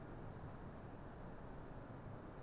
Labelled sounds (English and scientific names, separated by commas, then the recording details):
Eurasian Blue Tit (Cyanistes caeruleus)
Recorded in Germany
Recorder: ecoPi